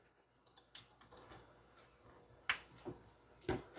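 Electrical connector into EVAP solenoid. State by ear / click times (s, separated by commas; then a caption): seated / 2.5 s. An electrical connector is plugged back into the EVAP solenoid on a 2019 GM 1500 4x4 truck after the circuit was tested with a test light. A few light ticks and rustles come first, then a sharp click at 2.5 s as the connector seats, followed by a couple of softer knocks.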